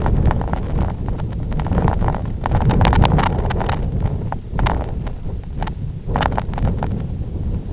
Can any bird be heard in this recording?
no